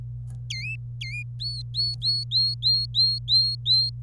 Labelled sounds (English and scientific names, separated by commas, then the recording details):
Domestic Canary (Serinus canaria) song
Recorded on 26 April 2018 at 09:33
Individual llb3